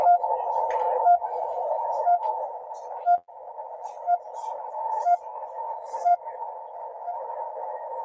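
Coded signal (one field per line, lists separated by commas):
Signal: radio time signal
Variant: RWM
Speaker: 14996. Pretty good also. For those that don't have the CW mode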